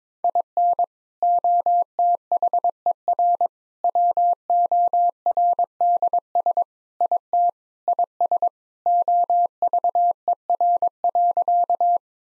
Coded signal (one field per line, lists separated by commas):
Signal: Morse code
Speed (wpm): 21 wpm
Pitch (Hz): 700 Hz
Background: none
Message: IN OTHER WORDS IT IS OVER.